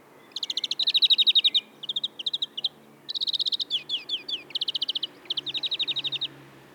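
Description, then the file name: European greenfinch song: long rolling trills and twitters, rapid repeated notes with swooping slurs in between, nearly continuous. "Chloris chloris"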